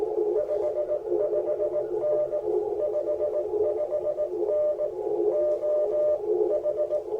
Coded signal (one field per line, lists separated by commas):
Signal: Morse code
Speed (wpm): 20 wpm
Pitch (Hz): 600 Hz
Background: radio noise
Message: 55N 55N OH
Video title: Morning Morse Code at Chewacla State Park K-1038 - 11/13/23